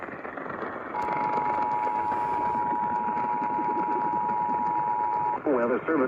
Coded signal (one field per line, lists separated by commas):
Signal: Emergency Alert System (SAME) tones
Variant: 853 and 960 Hz attention tone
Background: speech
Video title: MARGINAL INSANITY 5: MRGL AFTER MRGL - EAS Alerts From 3/5/24 - 3/6/24 (EAS #1453-1486)